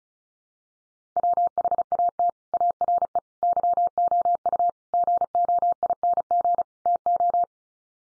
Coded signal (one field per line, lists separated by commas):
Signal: Morse code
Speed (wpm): 34 wpm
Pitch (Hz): 700 Hz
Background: none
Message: WHAT ARE YOU GOING TO